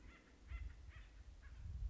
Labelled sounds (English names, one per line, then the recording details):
Acorn Woodpecker
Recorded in Sonoma County, California